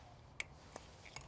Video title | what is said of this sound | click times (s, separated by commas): How to Replace 2006-2015 Honda Civic Valve Cover Gasket - DIY SUPER EASY.. | as soon as you hear the snap push up | 0.4 s